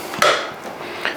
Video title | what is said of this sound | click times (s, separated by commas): Anycubic Viper Unboxing and Setup | And it looks like the handle goes in to hold the actual spool, and it just clicked right in. | 1.0 s